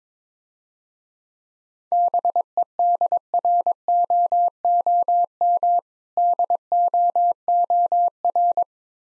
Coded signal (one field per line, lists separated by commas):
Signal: Morse code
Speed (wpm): 22 wpm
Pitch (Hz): 700 Hz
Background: none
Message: BEDROOM DOOR